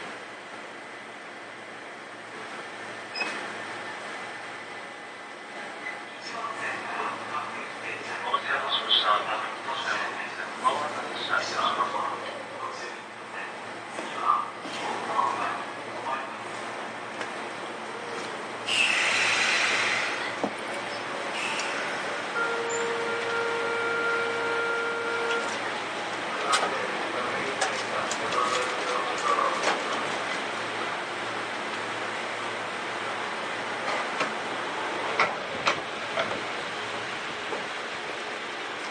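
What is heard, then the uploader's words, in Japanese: A ride aboard a Sotetsu 7000 series train between Yokohama and Yamato, with a steady rumble and murmuring voices throughout. A sharp hiss bursts out around 19 seconds, then a steady mid tone holds from about 23 to 25 seconds amid scattered clicks. 相鉄7000系 横浜ー大和。車体アルミ製20m長の車体。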